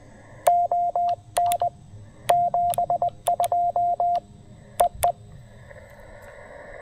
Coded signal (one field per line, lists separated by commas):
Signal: Morse code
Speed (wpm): 19 wpm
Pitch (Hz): 700 Hz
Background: radio noise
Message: ON 72 EE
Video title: 20 Meters, QRP, & Canine Companions: A Relaxing POTA Afternoon at Table Rock